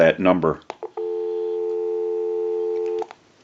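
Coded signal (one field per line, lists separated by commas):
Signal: telephone call progress tone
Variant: North America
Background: speech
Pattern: dial tone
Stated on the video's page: Telephone tone heard during the initial checkout, repair and conversion of a PTT business telephone.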